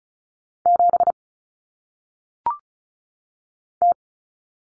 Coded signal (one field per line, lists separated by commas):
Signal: Morse code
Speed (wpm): 35 wpm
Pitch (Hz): 700 Hz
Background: none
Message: 7 T